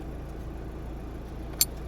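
A buckle on a strap or latch of a folding scooter, an Acura Type S-styled Honda Motocompacto, is pressed shut over a steady low background hum. A single sharp snap at 1.6 s confirms the buckle is closed and the scooter is ready to go.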